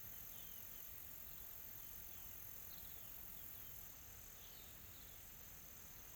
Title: GameAudioGDC. AMBIENCE Additional Tropical Forest Soft Insects Calm